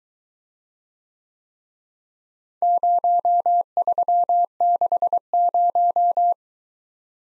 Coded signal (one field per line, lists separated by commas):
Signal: Morse code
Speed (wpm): 22 wpm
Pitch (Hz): 700 Hz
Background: none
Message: 0360